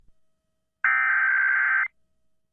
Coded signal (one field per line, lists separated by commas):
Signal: Emergency Alert System (SAME) tones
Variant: header bursts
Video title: Real CT Amber Alert EAS Audio (6/1/2021)